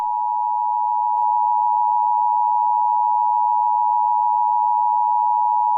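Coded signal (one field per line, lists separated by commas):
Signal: Emergency Alert System (SAME) tones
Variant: 853 and 960 Hz attention tone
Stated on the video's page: Joke mock of EAS alarms, not a real broadcast.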